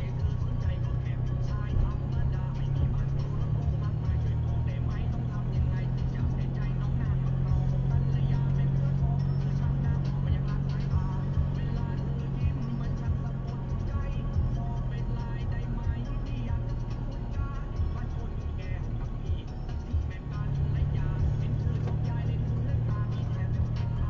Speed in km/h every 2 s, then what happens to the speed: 26, 24, 25, 29, 35, 36, 37, 37, 36, 32, 30, 27.
3-11 speeds up to 37. 11-16 steady at about 37. 16-24 slows to 27.